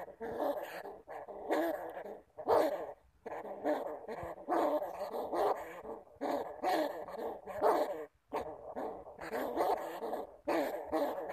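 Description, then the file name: Bamboo rat growling in rough, harmonic bursts, almost continuous with a few short breaks. "Tieng dui keu"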